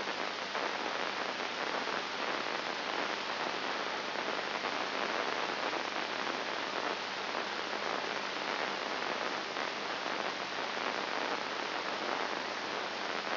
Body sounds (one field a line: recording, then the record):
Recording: brain microelectrode recording played as sound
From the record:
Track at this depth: inside the subthalamic nucleus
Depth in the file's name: 3.901 mm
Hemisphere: left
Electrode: 2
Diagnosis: Parkinson's disease